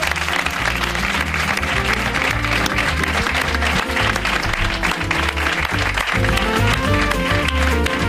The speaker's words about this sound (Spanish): En la cadena SER, segunda acepción, con Ignatius Farray y Miguel Maldonado. ¡Un aplauso, hombre!